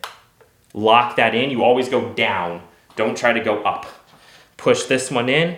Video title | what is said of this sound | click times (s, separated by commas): Stringing on a Lock Out/Crank Machine (Neos 1000) | I'm pushing down a little bit lock that in | 0.0 s